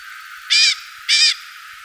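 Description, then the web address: Bird making two rasping, nasal calls in quick succession, each about a quarter second long, with a light background hiss between them. "BIRD 2015 SABIOD 50 bird 2015"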